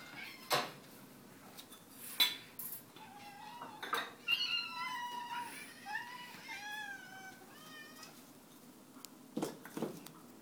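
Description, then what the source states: Cat meows: several drawn-out, wavering cries in quick succession, some bending up and down, amid clinking cutlery and dishes. Several cats meowing together in the morning.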